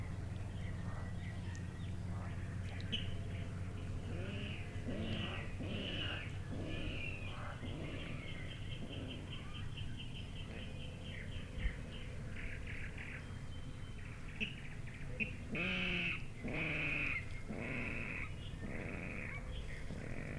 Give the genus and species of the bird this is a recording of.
Rallus aquaticus